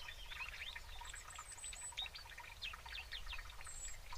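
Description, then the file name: European robin song with high, thin drawn-out whistles among quick notes, set against constant ticking chatter and a low rumble. "Erithacus rubecula"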